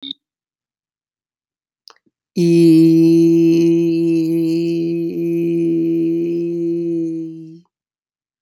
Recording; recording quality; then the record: sustained vowel as in beet; excellent, no background noise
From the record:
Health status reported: healthy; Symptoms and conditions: none ticked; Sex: male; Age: 26 years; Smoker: yes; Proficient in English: yes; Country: United States